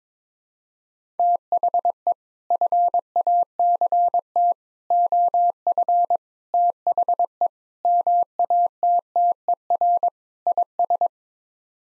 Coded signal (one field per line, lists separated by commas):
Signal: Morse code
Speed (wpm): 22 wpm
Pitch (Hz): 700 Hz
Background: none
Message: THE FACT OF THE MATTER IS